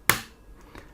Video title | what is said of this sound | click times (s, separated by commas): How To RESET Your PC BIOS Or Change The CMOS Battery | you should find it snaps into place or pops into place, and the metal bracket will hold the battery in | 0.1 s